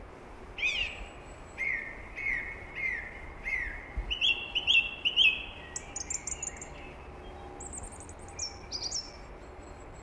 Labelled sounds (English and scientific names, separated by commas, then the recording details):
Song Thrush (Turdus philomelos) song
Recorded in the wild
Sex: male
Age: adult
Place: Garmisch-Partenkirchen, Bayern, DE
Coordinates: 47.5194, 11.0806
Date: 1962-04-20
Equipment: Stellavox SM 5, Vorverstärker, Original, Vollspur
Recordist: Tretzel, Erwin